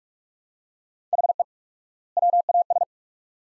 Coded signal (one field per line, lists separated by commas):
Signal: Morse code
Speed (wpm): 43 wpm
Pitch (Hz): 700 Hz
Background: none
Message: HE WAS